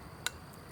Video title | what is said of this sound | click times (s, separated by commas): Back Setting the Trapline (and a few catches) | latch once it gets set you hear that click there | 0.3 s